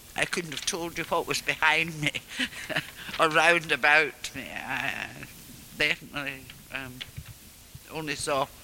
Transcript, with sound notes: I couldn't have told you what was behind me [laughs] or round about me. I definitely only saw